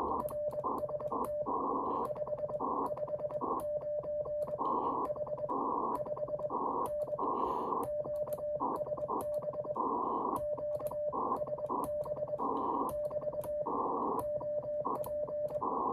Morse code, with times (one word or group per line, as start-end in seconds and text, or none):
0.2-1.4 RST
2.1-4.6 559
5.1-5.5 H
6.0-6.5 5
6.9-7.2 N
7.9-9.7 QSB
10.4-12.4 QSB
12.9-13.6 <BT>
14.2-15.6 OP